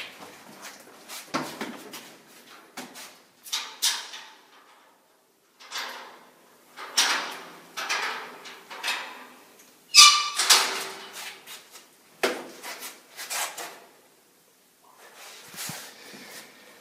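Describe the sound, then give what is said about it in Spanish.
A door creaks open in a series of uneven squeaky, grinding strains, some sharp and high-pitched, separated by brief pauses, with no talking. “Pues abre primero ¿sí? la puerta.”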